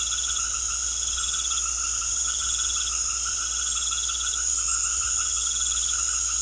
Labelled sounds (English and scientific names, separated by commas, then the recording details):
none
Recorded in secondary vegetation near Puerto Asís, Putumayo, Colombia, on 4 March 2025 at 19:00
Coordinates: 0.500, -76.326
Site GP04